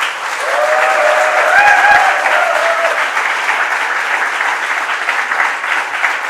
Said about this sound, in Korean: 근데 좀 여러분 일단 응답이 조금 미약하죠. 네. 뜨겁게 반응을. 다시 한번 박수로 한번.